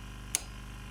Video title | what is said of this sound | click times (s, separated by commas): 1303 beetle subaru conversion restoration wizard roadster van pt 9 | right so that was the first click so that's it it's come off as well right so | 0.4 s